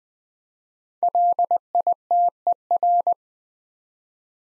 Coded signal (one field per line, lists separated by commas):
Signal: Morse code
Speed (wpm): 20 wpm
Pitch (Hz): 700 Hz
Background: none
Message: LITER